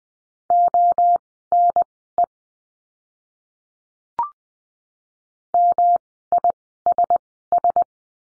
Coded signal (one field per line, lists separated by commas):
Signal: Morse code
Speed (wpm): 20 wpm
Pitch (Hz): 700 Hz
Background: none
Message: ONE MISS